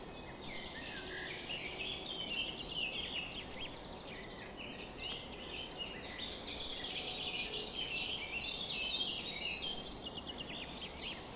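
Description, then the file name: Dawn chorus of birds, many high twittering and whistled phrases overlapping continuously, building slightly in the second half, over steady low noise. Summer morning bird chorus at 4:40 am. "summer morning bird chorus-4 40 am in cobs"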